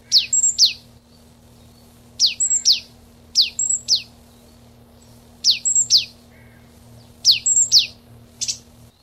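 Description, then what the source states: Marsh tit calls, sharp high notes sweeping steeply downward paired with brief flat whistles, given in short bursts roughly every one to two seconds over a faint low hum. Recorded 23 April 1992.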